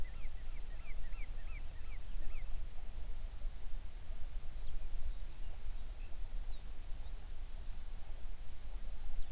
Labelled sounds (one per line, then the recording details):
songbird
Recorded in the Prudhoe Bay oil fields, Alaska, on 11 June 2019 at 04:58
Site 21